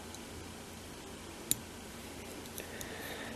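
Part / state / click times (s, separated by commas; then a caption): elevation adjustment screw in a pistol sight body / seated / 1.5 s. A metal elevation adjustment screw in a pistol sight body is unscrewed until it pops up onto the next thread, giving more adjustment range. Over a low, steady background, one sharp, bright click sounds at 1.5 s as the screw seats one thread higher, followed by a few faint ticks.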